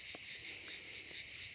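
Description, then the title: Cicada buzzing in a constant high drone, with a few faint clicks or taps in the background. "cigales"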